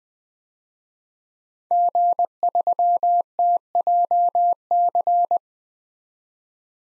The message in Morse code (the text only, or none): G3TJC